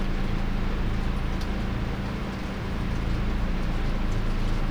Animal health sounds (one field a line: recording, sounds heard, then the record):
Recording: poultry house recording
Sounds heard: no chicken sound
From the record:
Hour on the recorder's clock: 21